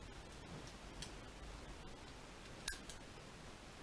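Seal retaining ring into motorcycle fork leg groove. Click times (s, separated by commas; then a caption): 2.7 s. A small screwdriver works a metal retaining ring into the groove of a Honda X11 motorcycle fork leg, above the new fork seal, to stop the seal from traveling out. Faint ticks and scrapes sound over a low background hiss. Then a sharp metallic click at 2.7 s marks the ring seating in the groove.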